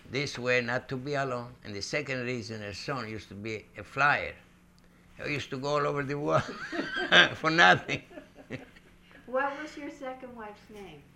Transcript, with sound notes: this way not to be alone, and the second reason, my son used to be a flyer. I used to go all over the world for nothing. ( they laugh )
What was your second wife's name?